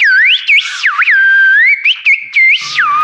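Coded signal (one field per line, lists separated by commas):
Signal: whistled language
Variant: Basque whistled, Silbo technique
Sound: a loud gliding whistle swooping up and down in speech-like phrases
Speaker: Ahora quiero que traduzcas esta expresión al euskera pero con silvo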